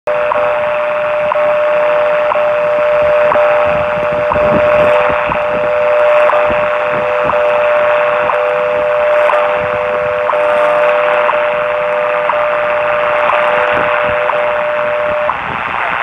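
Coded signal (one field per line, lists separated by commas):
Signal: radio time signal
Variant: WWV/WWVH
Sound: steady mid-pitched tone with faint clicks each second under loud shortwave hiss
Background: radio static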